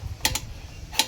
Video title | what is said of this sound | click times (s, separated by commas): RASH DAILY: Sulit Ba ang Dr. Micrometer Torque Wrench? Honest Review at Actual Test #Moto #tools | Naririnig niyo yung lagutok. Ayan. | 0.2 s, 1.0 s